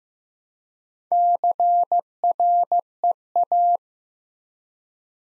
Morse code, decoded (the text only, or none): CREA